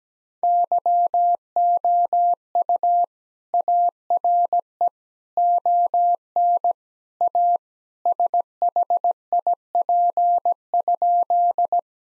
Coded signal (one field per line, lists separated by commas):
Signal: Morse code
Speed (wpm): 17 wpm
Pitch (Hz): 700 Hz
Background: none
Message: YOU ARE ON A SHIP?